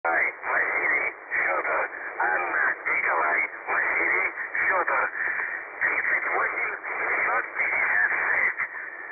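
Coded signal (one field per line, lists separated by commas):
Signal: numbers station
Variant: UVB-76 voice message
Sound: a man's voice reading a message over narrow, muffled shortwave audio, in short phrases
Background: radio static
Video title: The Buzzer/UVB-76 Voice Message (December 2, 2020 10:59 UTC)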